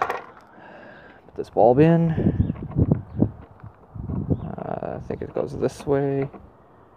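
A plastic lens cover is handled and pressed toward a new RV tail/brake light housing, where spring tabs on each side hold it, while someone talks. Brief taps and handling noises come between the words. The clip ends before the cover goes home, so nothing has seated or clicked yet.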